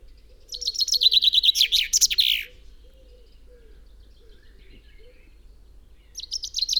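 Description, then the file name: Common chaffinch song: a rapid run of bright notes dropping in pitch and ending in a quick flourish, about two seconds long, with a new phrase beginning near the end. "Fringilla coelebs"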